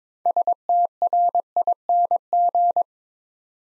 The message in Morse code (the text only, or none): STRING